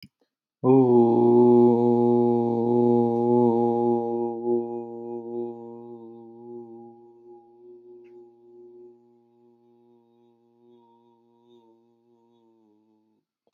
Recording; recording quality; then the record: sustained vowel as in boot; excellent, no background noise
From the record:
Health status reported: exposed to COVID-19, no respiratory illness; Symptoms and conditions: none ticked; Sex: male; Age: 41 years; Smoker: not ticked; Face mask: not worn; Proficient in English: yes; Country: United States